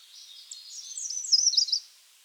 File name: AMRE SONG SERIALMODE - American Redstart - Setophaga ruticilla